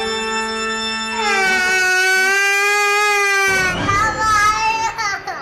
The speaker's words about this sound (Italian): Lei urla, strilla come una matta, si butta per terra.